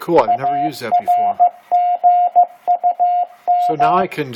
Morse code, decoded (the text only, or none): ARGUM